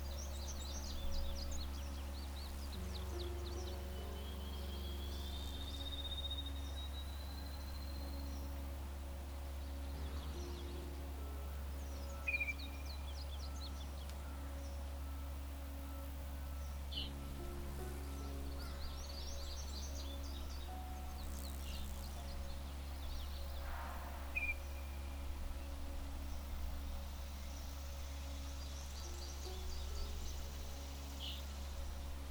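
Scattered bird chirps and whistles sound over soft sustained piano notes, with a steady low hum running underneath throughout.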